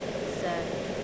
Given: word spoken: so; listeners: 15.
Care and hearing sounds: one English word in noise, from a listening test; speech-shaped noise; -4.1 dB; 0 of 15; 7 of 15; 0.64 s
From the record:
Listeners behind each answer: 7, 2, 2, 1, 1, 1, 1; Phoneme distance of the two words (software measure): 17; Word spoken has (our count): 1 syllable, 2 phonemes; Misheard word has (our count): 1 syllable, 3 phonemes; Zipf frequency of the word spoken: 6.69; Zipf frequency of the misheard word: 4.61

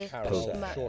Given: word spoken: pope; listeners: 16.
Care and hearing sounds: one English word in noise, from a listening test; four-talker babble; -1.2 dB; 2 of 16; 8 of 16; 0.49 s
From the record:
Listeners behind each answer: 8, 2, 1, 1, 1, 1, 1, 1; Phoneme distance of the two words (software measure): 17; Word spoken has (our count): 1 syllable, 3 phonemes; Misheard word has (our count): 1 syllable, 4 phonemes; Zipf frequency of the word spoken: 4.28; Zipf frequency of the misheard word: 3.41

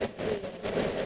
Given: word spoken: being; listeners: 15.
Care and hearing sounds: one English word in noise, from a listening test; noise modulated by three-talker babble; -7.8 dB; 2 of 15; 6 of 15; 0.66 s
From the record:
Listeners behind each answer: 6, 2, 2, 2, 1, 1, 1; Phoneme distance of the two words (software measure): 17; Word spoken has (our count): 2 syllables, 4 phonemes, stress on syllable 1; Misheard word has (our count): 2 syllables, 5 phonemes, stress on syllable 1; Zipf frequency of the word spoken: 5.90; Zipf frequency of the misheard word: 5.28

